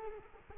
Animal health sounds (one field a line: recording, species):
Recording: mosquito wingbeat signal from an infrared sensor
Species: Culex quinquefasciatus